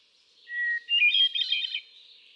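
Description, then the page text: Hermit thrush song opening with a long pure whistle, followed by rapid, swirling flute-like notes climbing higher before dying away. Male singing, cycling through a repertoire of about ten different songs; recorded 13 June 2006 at Quabbin Park, Ware, Massachusetts. "Birdsong for the Curious Naturalist. Hermit thrush"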